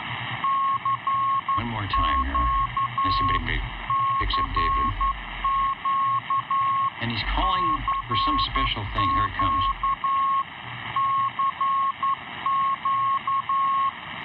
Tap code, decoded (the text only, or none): none